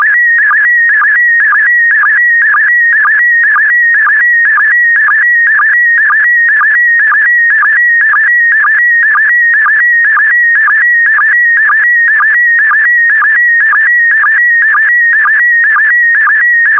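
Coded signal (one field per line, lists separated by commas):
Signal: SSTV (slow-scan television)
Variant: PD120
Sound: continuous warbling whistle near 2 kHz with a rhythmic low chirp twice a second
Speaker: transmission complete you can now check your decoded image against the picture that is shown on the video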